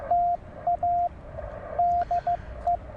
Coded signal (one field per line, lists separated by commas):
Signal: Morse code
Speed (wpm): 14 wpm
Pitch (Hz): 700 Hz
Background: radio noise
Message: TA DE